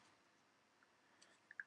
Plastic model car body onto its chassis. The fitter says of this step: really is a high quality kit so much so that actually clicks